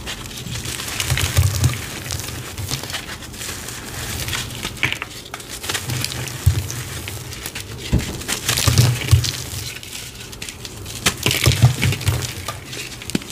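Reformed gym chalk and cornstarch are pressed and crunched in a steady run of gritty, crackling textures. Dense bright crumbling fills most of the time, with sharper snaps around 6.5, 8.8 and 11.5 seconds over a low, pulsing rumble.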